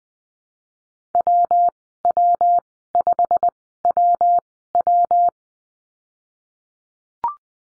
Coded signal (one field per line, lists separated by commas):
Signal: Morse code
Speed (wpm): 20 wpm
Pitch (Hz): 700 Hz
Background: none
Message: WW5WW